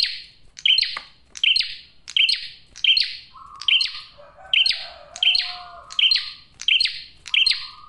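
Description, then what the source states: Bar-winged prinia song: sharp, bright chirped notes repeated steadily about twice a second, with a faint low steady hum in the middle. Male, singing actively ('gacor') with a clear, tight voice; suited for use in bird trapping and for luring females.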